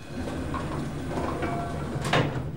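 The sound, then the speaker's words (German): A door slides open over a steady low rumble, ending in a short, louder whooshing clunk near the end. “Die Türen sind ja offen.”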